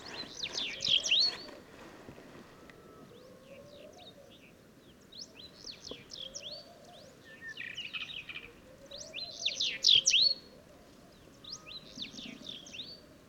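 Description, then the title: Sahara bunting song: short bursts of quick, sweet up-and-down whistled notes, two phrases several seconds apart, with other similar singers faintly behind. Several Sahara buntings singing unseen among heaps of stones in the ruins of old Wadan, Mauritania, just after sunrise on 23 February 2019; made with Tlp7 and Mixpre3. "Bruant du Sahara - Mauritanie"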